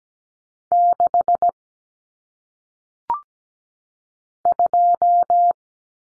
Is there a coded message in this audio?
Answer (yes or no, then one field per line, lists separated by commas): yes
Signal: Morse code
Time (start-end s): 0.7-5.5 s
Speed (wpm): 17 wpm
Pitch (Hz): 700 Hz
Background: none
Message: 6 2